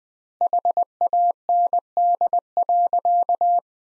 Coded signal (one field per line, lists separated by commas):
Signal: Morse code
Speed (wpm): 20 wpm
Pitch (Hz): 700 Hz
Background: none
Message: HAND.